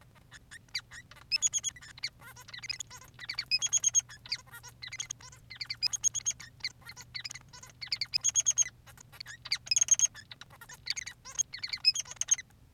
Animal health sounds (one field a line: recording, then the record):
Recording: song of a male Bengalese finch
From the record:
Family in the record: son of father 3